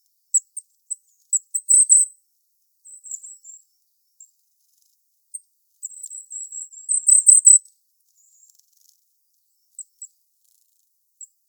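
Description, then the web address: Goldcrest calls: extremely high, thin tsee notes, some drawn out into short wavering trills, others single brief ticks spread throughout. "regulus regulus call"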